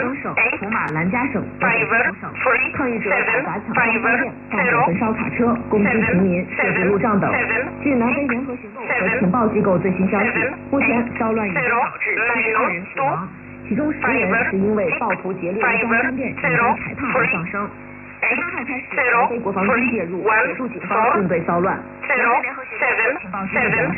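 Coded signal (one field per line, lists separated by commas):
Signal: numbers station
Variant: E11 Oblique, English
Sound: a voice over shortwave reads short, evenly spaced words without stopping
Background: radio static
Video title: 14 07 2021 Number station E11 Oblique in English to Eu 0646 on 15800 unknown tx site in USB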